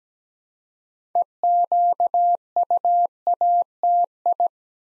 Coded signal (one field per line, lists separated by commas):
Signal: Morse code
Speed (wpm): 17 wpm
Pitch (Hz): 700 Hz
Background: none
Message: EQUATI